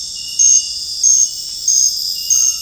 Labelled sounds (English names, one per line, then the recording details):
none
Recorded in dense forest near Puerto Asís, Putumayo, Colombia, on 20 February 2024 at 02:30
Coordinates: 0.485, -76.325
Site G6429